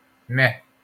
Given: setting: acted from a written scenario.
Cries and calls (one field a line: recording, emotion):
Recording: vocal sound without words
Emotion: neutral